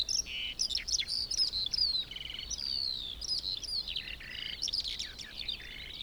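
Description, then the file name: Eurasian skylark song: unbroken, fast warbling of bright chirps, buzzy notes and thin descending whistles, varied and restless throughout, over a quiet low hiss. Recorded 25 January 2021. "feldlerche karl-heinzfrommolt deutsches tierstimmenarchiv"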